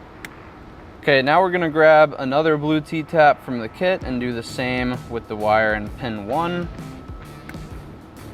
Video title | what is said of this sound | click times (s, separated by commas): Boost Auto 2023+ Style Ram Tow Mirrors Installation Guide - 2019-2022 5th Gen Ram 2500/3500 | Grab a pair of pliers if you need to help press it down till it clicks. | 0.2 s